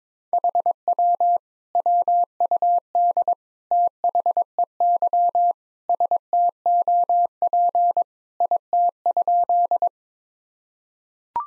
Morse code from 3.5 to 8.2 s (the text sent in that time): THEY STOP